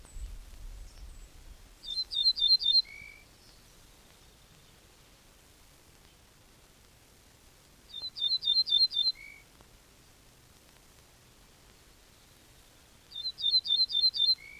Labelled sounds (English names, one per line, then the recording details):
Ortolan Bunting
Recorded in the wild
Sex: diverse
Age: adult
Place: Schloß Holte-Stukenbrock, Senne, Nordrhein-Westfalen, DE
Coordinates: 51.8717, 8.66361
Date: 1968-05-26
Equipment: Uher 4000 Report-S, Bändchenmikro Beyer M 260, Parabolspiegel Polyester (470 mm)
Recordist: Conrads, Klaus